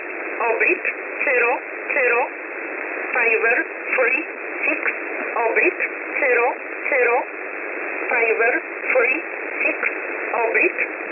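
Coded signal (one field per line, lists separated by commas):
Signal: numbers station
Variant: E11 Oblique, English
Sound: a voice reading short, evenly spaced words through hissy, narrow radio audio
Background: radio static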